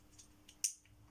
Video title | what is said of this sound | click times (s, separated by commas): démo&test de la petite camera📹&appareil photo📷hd body maxter de chez action | Voilà, ça clipse comme ça en fait. | 0.6 s